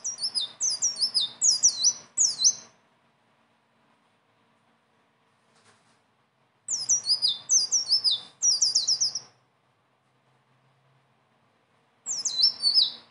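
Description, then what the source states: Leafbird song: three bursts of rapid, high, stuttering downslurred whistles separated by silent gaps. Continuous rolling song (gacor, ngeroll) filled with varied phrases (isian); tutor song (masteran) for training other birds.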